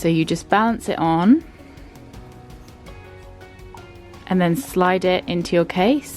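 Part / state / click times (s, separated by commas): deodorant refill onto dispenser base / not seated / none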